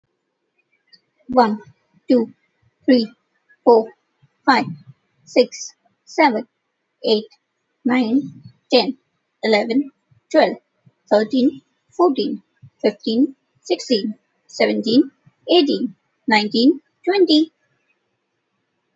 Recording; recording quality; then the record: counting at a normal pace; excellent, no background noise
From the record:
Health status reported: healthy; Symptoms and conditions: none ticked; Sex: female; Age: 28 years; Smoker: not ticked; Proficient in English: yes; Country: India